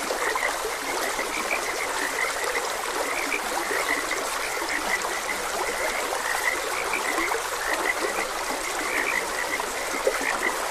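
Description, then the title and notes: Frogs croaking in a thick continuous chorus while a stream trickles and gurgles steadily in the background. Frogs croaking beside a gentle stream. "Gentle Stream and Frogs Croaking. Sleep and Relaxation Podcast"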